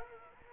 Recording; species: mosquito wingbeat signal from an infrared sensor; Culex quinquefasciatus